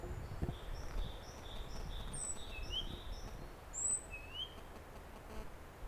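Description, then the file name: Great tit calls: a soft, steady series of paired high notes, then a few sharp whistled notes, over low rumbling background noise. "Parus major"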